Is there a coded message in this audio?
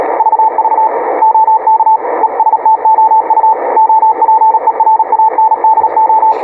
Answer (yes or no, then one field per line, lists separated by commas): yes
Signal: Morse code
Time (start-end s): 0.2-6.3 s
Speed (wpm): 37 wpm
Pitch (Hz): 880 Hz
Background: radio noise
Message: VV OK ESTOU OPERANDO